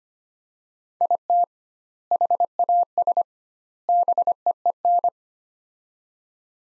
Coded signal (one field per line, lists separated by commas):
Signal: Morse code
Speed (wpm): 25 wpm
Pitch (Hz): 700 Hz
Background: none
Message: IT HAS BEEN